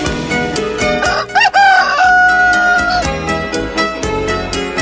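A rooster lets out one loud, drawn-out crow that rises, wavers, then holds a steady high note, layered over loud, driving music with a steady pounding beat.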